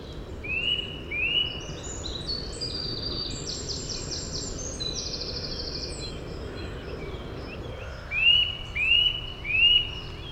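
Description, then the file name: Eurasian nuthatch whistles, two rising notes early and three more toward the close, over steady chatter from other songbirds. "Sitta europaea"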